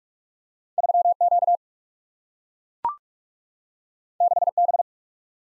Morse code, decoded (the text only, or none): 3Q 6B